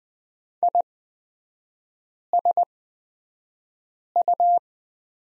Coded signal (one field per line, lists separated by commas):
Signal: Morse code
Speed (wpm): 20 wpm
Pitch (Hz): 700 Hz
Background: none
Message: ISU